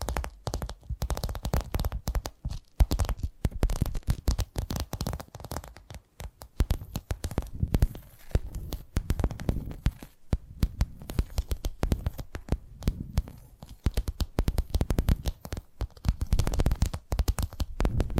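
Tapping triggers: dense, rapid finger taps and clicks run throughout, sharp and crisp with a low, thumping body. The rhythm shifts in speed and grouping, with brief quieter gaps near 2.5, 6 and 10 seconds, and a soft rumbling scratch underneath.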